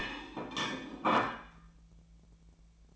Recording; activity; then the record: daily activity, microphone in the room; place plate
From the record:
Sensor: 1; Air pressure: 1009.4 hPa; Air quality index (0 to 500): 196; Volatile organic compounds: 20 ppm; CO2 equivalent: 2680 ppm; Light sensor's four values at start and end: 29/74/31/37 and 29/73/30/36